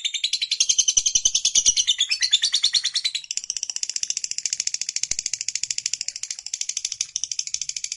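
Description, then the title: Lovebird in full song, a long run of rapid scratchy chattering notes, steady and buzzy, continuing without pause. Recording meant to make a lovebird that is reluctant to sing become eager and sing spontaneously at length, called narik. "LOVEBIRD Malas Bunyi JADI GREGET SPONTAN Langsung NARIK"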